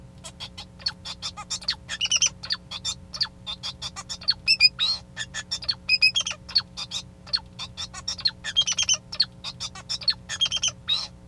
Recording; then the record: song of a male Bengalese finch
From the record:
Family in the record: son of father 2